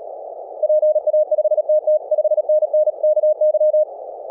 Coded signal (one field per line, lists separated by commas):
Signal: Morse code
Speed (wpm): 36 wpm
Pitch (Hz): 610 Hz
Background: none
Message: PA5TT 5NN KY